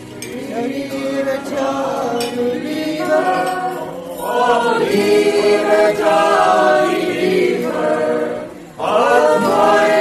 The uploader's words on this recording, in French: Kerry's bar a théme une chouette ambiance dans ce bar !